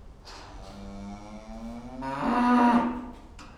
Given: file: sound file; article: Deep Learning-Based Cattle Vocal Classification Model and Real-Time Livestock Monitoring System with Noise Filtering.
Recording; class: cattle; food anticipating call